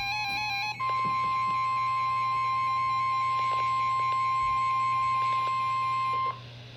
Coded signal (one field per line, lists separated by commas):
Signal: Emergency Alert System (SAME) tones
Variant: 1050 Hz attention tone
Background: music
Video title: Severe Thunderstorm Warning (EAS #1,217) 9/13/19